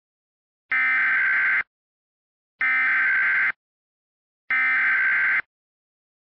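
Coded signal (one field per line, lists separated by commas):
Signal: Emergency Alert System (SAME) tones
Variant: header bursts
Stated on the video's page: Fictional EAS scenario, simulated alert about heavy rain during cold winter temperatures.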